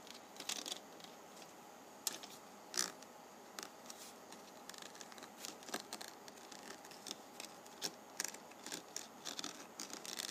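Penny Ridge rubbing: a dry, scratchy scraping made of many short bright strokes over a faint steady hiss. The strokes come irregularly, a few per second, with louder sharp ones near 2, 2.8, 5.6 and 8.2 seconds, while the low end stays empty.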